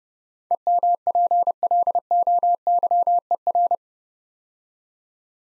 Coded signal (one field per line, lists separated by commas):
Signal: Morse code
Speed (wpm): 30 wpm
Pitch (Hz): 700 Hz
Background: none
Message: EMPLOYER